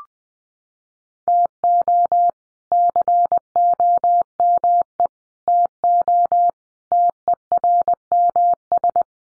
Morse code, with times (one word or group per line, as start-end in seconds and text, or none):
1.3-2.3 TO
2.7-5.1 COME
5.5-6.5 TO
6.9-9.0 TERMS